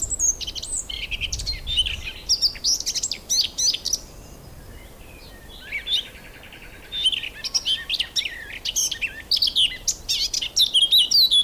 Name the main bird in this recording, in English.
Eurasian Blackcap